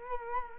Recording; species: mosquito wingbeat signal from an infrared sensor; Culex quinquefasciatus